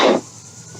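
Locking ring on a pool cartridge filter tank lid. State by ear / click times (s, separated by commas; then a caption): not seated / none. The plastic locking ring on a pool cartridge filter tank lid is being turned toward its locked position, giving a short, loud scraping burst in the first 0.2 seconds that fades into a low, steady hiss. Nothing has clicked or seated yet; the ring is still being handled.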